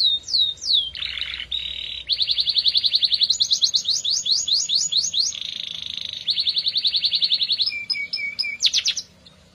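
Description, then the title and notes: Canary singing loudly in varied rolls: rapid repeated trills, a buzzy flat tour, quick sweeping notes and ringing bursts, changing pattern every second or two. Therapy recording for an F1 canary that has stopped singing (kenari macet). "TERAPI KENARI MACET. Kenari F1"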